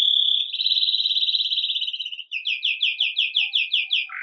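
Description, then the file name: Canary song: a long, fast rolling trill followed by a run of repeated downslurred notes. "Canary Voice"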